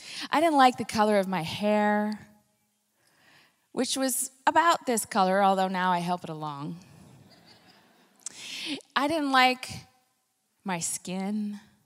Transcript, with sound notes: I didn’t like the color of my hair, which was about this color, although now I help it along. (laughter) I didn’t like my skin, and